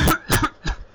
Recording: coughing mixed with background sound